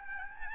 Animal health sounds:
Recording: mosquito wingbeat signal from an infrared sensor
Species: Aedes albopictus

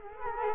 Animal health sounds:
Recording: mosquito wingbeat signal from an infrared sensor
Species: Culex quinquefasciatus

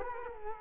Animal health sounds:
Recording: mosquito wingbeat signal from an infrared sensor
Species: Culex quinquefasciatus

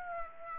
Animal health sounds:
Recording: mosquito wingbeat signal from an infrared sensor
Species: Aedes aegypti

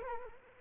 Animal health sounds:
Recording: mosquito wingbeat signal from an infrared sensor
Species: Culex quinquefasciatus

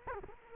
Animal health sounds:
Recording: mosquito wingbeat signal from an infrared sensor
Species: Culex quinquefasciatus

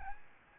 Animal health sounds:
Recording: mosquito wingbeat signal from an infrared sensor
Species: Aedes albopictus

